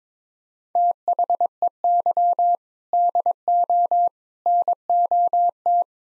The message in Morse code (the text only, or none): THEY DO NOT